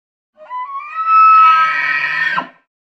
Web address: elk